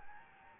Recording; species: mosquito wingbeat signal from an infrared sensor; Anopheles gambiae